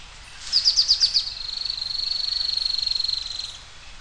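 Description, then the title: Bird singing a high phrase: about six quick chirped notes, then a long thin rapid trill held steady for two seconds before fading. "LuckyPassaro Completos2Sama"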